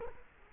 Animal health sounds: mosquito wingbeat signal from an infrared sensor; Culex quinquefasciatus

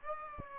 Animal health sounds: mosquito wingbeat signal from an infrared sensor; Aedes aegypti

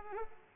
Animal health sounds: mosquito wingbeat signal from an infrared sensor; Culex pipiens

